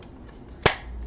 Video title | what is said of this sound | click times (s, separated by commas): Syma X5UW Drone | Click. There we go. | 0.7 s